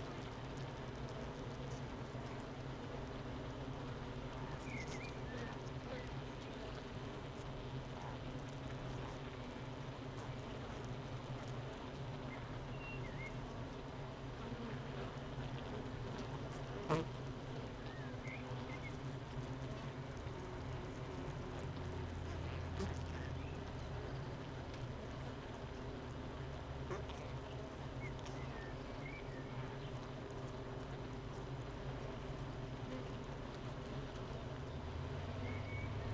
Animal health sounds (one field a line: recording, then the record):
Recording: honeybee colony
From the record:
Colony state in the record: missing queen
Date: 31 May 2018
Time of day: 8:03